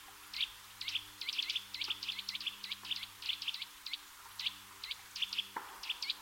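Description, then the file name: Eurasian nuthatch giving quick runs of high, clear piping notes, clustered in short bursts with brief gaps, over a steady low background hum. "Sitta europaea"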